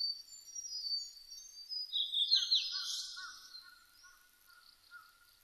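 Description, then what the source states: Blue-and-white flycatcher song: high, thin whistled notes, a louder burst of notes midway, then softer, lower notes that fade away. Recorded on 1 May 2005.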